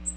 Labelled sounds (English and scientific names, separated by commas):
Magnolia Warbler (Setophaga magnolia) flight call